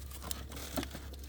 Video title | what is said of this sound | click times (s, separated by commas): Audi Q5 Running Rough? Replace These First | and wait for the click, like that, | 0.3 s